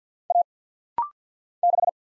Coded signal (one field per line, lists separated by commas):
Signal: Morse code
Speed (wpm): 48 wpm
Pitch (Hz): 700 Hz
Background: none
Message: A 6